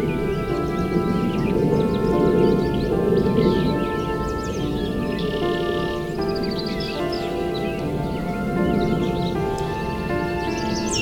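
Valens Lake in June, with birds chirping and calling through the whole stretch, a few brighter twittering bursts around the middle and near the end. Underneath runs a steady, dense low rumble with a constant humming tone that never lets up.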